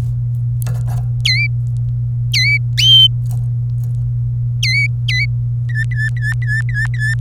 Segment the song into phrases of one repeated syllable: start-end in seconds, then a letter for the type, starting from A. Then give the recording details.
1.25-1.47 A, 2.33-2.57 A, 4.63-5.25 A, 5.70-7.14 B. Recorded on 26 April 2018 at 15:11. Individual llb3